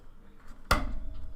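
A plastic building brick is pressed onto the bottom layer of a Cobi tank brick model. A single loud, sharp snap at 0.7 s stands out against a quiet background, and the brick is seated.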